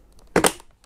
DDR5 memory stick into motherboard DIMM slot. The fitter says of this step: and there we go that is locked into place so now we can do the one into number four